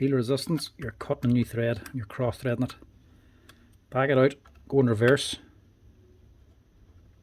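Someone talks while a housing screw, which started to cross-thread, is backed out in reverse in the plastic housing of an FF GROUP RH 7-40 PRO rotary hammer during a clutch rebuild. Faint handling sounds are heard between the speech, and the screw has not yet dropped into the original thread or clicked.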